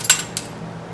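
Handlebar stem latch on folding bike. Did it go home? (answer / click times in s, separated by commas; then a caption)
released / 0.1 s. The quick-release latch on the handlebar stem of an Xspec 20-inch folding bike is unlatched so the handlebar can be realigned with the wheel. It opens with a loud metallic snap at 0.1 s, followed by a fainter short tick at about 0.4 s and a low steady hum. The stem latch ends up released.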